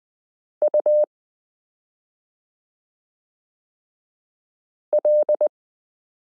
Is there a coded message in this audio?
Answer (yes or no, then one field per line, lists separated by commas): yes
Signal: Morse code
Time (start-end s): 0.6-5.5 s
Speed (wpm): 20 wpm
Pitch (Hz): 600 Hz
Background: none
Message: U L